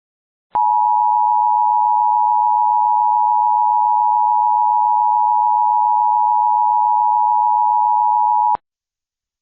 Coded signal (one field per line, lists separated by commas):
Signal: Emergency Alert System (SAME) tones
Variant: 853 and 960 Hz attention tone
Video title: Severe Thunderstorm Warning #EAS 28